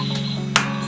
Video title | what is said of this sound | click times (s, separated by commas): Cat Pump Low Pressure Seal Replacement | Hear it snap? | 0.6 s